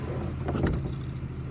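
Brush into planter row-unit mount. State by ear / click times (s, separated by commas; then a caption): not seated / none. A planter row-unit brush that has been pulled out and moved to the other side is handled as it is pushed toward its mount, giving a few faint, short knocks over a steady low rumble. Nothing has seated or popped into place yet.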